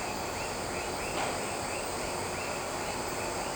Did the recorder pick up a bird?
no